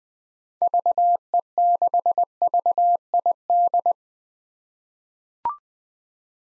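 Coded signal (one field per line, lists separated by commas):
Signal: Morse code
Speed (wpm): 20 wpm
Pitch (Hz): 700 Hz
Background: none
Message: VE6VID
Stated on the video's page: Morse practice of common SOTA chaser call signs at 20 wpm, each sent twice around a spoken version, for head-copy.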